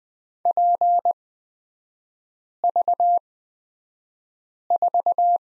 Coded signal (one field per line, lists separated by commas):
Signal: Morse code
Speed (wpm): 20 wpm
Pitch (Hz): 700 Hz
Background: none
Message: PV4